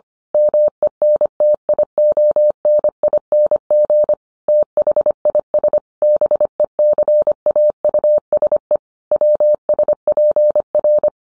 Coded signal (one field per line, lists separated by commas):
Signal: Morse code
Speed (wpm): 25 wpm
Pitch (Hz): 600 Hz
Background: none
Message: MENTIONING THIS BECAUSE WSPR